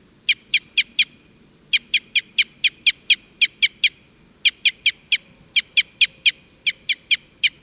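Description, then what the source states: Red crossbill calls, crisp chips given rapidly in short runs with brief gaps. Type N call type.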